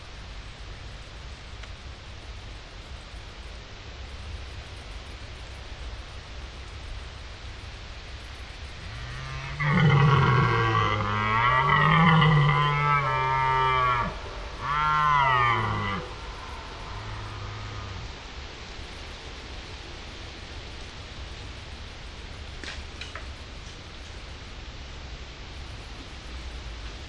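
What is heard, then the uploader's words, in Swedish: A red deer stag roars from within the forest, a deep, drawn-out bellow from about 10 to 16 seconds that rises and falls in several surges. A steady hiss of wind or rustling fills the rest, with a few faint clicks near 23 seconds. Kronhjortarnas ljudvärld. Tänk dig en helt stilla kväll i början av september. Solen har precis gått ner och du sitter i skogsbrynet, framför dig ligger en blommande klövervall. Det är kronhjortarnas brunsttid och här i området går det flera stora hanar.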